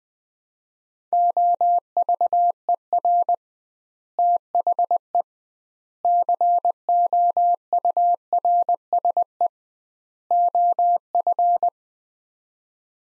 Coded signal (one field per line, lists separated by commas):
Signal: Morse code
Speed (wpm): 20 wpm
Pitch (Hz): 700 Hz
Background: none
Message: OVER THE COURSE OF